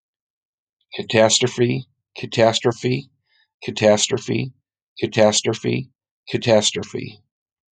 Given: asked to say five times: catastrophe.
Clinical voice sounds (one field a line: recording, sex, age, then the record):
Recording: repeated word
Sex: male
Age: 40 to 49 years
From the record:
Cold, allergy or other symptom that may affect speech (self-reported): no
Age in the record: 48 years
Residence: California, United States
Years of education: 18